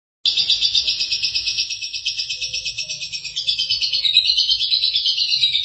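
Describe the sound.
Lovebird song, a sudden burst into rapid shrill chattering that runs on without pause, buzzy and slightly wavering.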